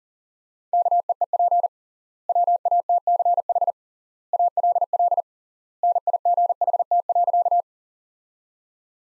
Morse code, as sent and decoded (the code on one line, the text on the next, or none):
-.- . . .--. / .-- .- - -.-. .... / .- .-.. .-.. / -. .. --. .... - .-.-.-
KEEP WATCH ALL NIGHT.